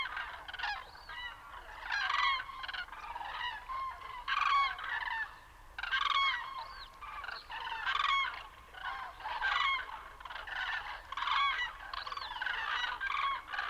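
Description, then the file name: Common crane chorus, rolling trumpeting calls from several birds in uneven waves. "Grue-cendrée-Grus-grus"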